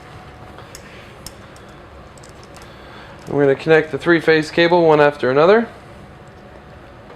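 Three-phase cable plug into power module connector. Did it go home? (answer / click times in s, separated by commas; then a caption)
no / none. A three-phase cable plug is being handled next to the power module connector it goes into, with a few faint handling ticks before someone talks from about 3.3 to 5.7 seconds. Nothing has seated or clicked yet.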